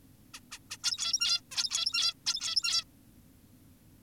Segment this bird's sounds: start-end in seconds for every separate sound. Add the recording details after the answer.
0.34-0.40, 0.52-0.59, 0.71-0.77, 0.84-1.41, 1.52-2.14, 2.26-2.84. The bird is an adult. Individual g17y2U